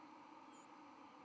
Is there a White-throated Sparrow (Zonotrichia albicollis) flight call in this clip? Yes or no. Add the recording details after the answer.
yes. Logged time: 08:24 on 31 October 2014